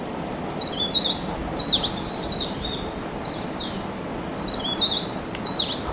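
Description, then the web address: Mountain leaf warbler song: high, thin, rapid warbled phrases with quick rising and falling notes, repeated in short bursts over a steady low background hiss. Recorded at Bukit Ular on Mount Kinabalu, 14 August 2009. "MTKINABALUBUKITULAR. mountain leaf warbler"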